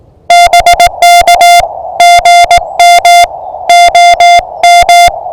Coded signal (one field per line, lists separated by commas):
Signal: Morse code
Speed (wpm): 20 wpm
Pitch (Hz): 660 Hz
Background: music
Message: BK GM OM